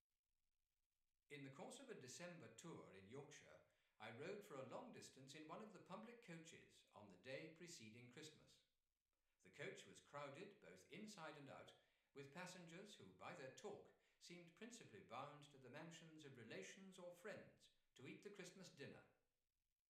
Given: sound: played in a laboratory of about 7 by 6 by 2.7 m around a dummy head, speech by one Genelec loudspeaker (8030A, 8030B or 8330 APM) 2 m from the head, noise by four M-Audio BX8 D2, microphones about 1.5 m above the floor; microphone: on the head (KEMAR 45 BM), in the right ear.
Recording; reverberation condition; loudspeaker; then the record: male speech in English; medium; 90 degrees to the right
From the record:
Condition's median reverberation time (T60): about 510 ms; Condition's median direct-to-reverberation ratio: about -0.5 dB